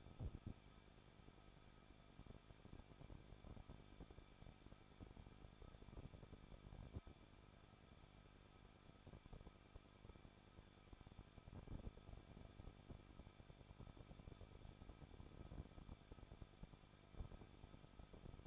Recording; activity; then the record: daily activity, microphone in the room; no activity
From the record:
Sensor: 5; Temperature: 20.8 degrees Celsius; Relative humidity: 38.4%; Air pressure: 1006.4 hPa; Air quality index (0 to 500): 190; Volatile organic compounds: 20 ppm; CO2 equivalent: 2679 ppm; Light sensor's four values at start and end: 2/3/1/1 and 2/3/1/1